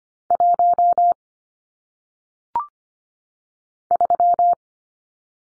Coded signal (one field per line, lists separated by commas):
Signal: Morse code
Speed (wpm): 25 wpm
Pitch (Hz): 700 Hz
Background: none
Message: 1 3